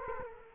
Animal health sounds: mosquito wingbeat signal from an infrared sensor; Culex quinquefasciatus

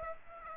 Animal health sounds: mosquito wingbeat signal from an infrared sensor; Aedes aegypti

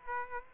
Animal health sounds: mosquito wingbeat signal from an infrared sensor; Aedes aegypti

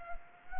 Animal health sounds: mosquito wingbeat signal from an infrared sensor; Culex pipiens

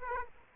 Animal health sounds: mosquito wingbeat signal from an infrared sensor; Aedes aegypti

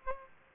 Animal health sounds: mosquito wingbeat signal from an infrared sensor; Aedes aegypti

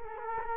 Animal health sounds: mosquito wingbeat signal from an infrared sensor; Culex quinquefasciatus

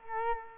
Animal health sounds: mosquito wingbeat signal from an infrared sensor; Culex quinquefasciatus

